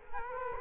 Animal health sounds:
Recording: mosquito wingbeat signal from an infrared sensor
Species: Culex quinquefasciatus

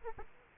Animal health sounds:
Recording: mosquito wingbeat signal from an infrared sensor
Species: Aedes aegypti

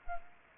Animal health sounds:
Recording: mosquito wingbeat signal from an infrared sensor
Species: Culex pipiens

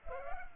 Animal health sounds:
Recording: mosquito wingbeat signal from an infrared sensor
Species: Culex pipiens

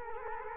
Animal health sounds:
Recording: mosquito wingbeat signal from an infrared sensor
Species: Culex quinquefasciatus

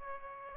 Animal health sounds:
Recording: mosquito wingbeat signal from an infrared sensor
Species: Aedes aegypti

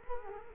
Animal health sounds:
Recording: mosquito wingbeat signal from an infrared sensor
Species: Culex quinquefasciatus

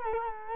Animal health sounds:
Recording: mosquito wingbeat signal from an infrared sensor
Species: Culex quinquefasciatus

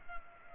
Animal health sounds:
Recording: mosquito wingbeat signal from an infrared sensor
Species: Culex pipiens

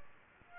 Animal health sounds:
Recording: mosquito wingbeat signal from an infrared sensor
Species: Aedes aegypti

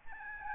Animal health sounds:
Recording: mosquito wingbeat signal from an infrared sensor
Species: Aedes albopictus

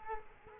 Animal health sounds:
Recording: mosquito wingbeat signal from an infrared sensor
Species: Culex quinquefasciatus

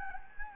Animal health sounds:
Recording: mosquito wingbeat signal from an infrared sensor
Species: Anopheles gambiae

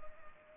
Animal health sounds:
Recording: mosquito wingbeat signal from an infrared sensor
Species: Culex pipiens

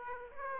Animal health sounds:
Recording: mosquito wingbeat signal from an infrared sensor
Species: Aedes aegypti

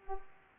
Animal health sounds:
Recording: mosquito wingbeat signal from an infrared sensor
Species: Culex pipiens

